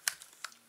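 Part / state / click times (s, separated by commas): plastic tail piece into toy robot body / not seated / none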